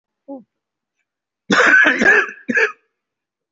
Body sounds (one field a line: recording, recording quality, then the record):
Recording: shallow voluntary cough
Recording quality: excellent, no background noise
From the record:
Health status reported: COVID-19 positive, mild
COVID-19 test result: positive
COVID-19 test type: RT-PCR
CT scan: taken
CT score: 0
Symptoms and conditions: cough, cold, sore throat, fever, fatigue, muscle pain, diarrhoea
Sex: male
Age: 47 years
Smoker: no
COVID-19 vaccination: one dose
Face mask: worn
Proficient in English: yes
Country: India